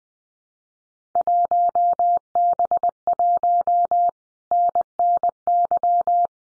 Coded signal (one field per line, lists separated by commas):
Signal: Morse code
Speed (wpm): 20 wpm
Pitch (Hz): 700 Hz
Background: none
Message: 1B1 NNY